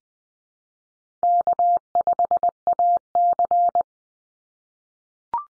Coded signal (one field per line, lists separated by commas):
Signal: Morse code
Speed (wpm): 20 wpm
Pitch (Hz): 700 Hz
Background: none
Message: K5AC